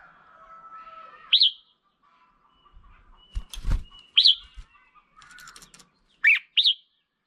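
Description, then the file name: Red-whiskered bulbul giving several brief whistled notes, ending with a quick double note, with dull knocks and thuds in between. Female bird. "Tieng chao mao mai"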